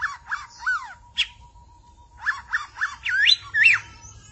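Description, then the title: Magpie-robin or shama song: repeated short squeaky notes over a steady faint whistle-like tone, followed by loud rising and falling swooping whistles. "Suara Burung Murai"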